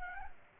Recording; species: mosquito wingbeat signal from an infrared sensor; Culex pipiens